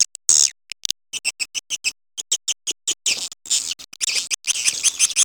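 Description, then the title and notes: Swiftlet chirps in short, sharp, high clicky bursts separated by brief silences, becoming denser and more continuous toward the end. Swiftlet calls associated with swiftlet farming in Asia. "Swiflet Bird Sound. Farming Swiflet Bird asia sound"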